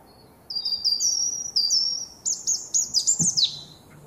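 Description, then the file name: European robin song: sweet sustained high notes followed by a run of rapid, tumbling trills that drop in pitch, with one soft low knock near the end. "Erithacus rubecula"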